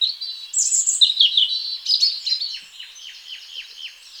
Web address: SETE data Erithacus rubecula